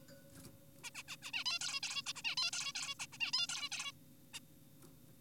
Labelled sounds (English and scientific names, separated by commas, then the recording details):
Zebra Finch (Taeniopygia guttata)
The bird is an adult
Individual g4p5U